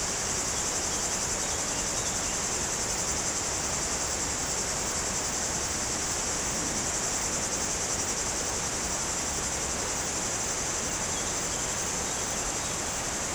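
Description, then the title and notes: Cicada buzzing in a constant sizzling sound with no breaks, over a rushing noise of water. Cicadas very active in trees on a hot day, slopes of the Grand Colombier above Culoz, France, near the Jourdan river. "Chem. de Romagnieux, 01350 Culoz, France - Rivière et cigales. Sur les pentes du Grand Colombier au dessus de Culoz , par cette chaude journée les cigales sont très actives dans les arbres près du Jourdan"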